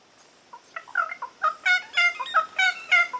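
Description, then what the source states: Little Wattlebird song: harsh, clucking, rasping notes building into a quick series of broad, noisy bursts repeated about three times a second. Taking a bath and singing in Brisbane Water National Park on Gurungai country, Australia.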